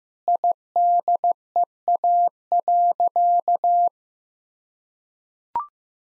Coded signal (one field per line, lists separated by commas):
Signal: Morse code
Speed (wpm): 15 wpm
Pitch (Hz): 700 Hz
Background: none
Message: IDEA.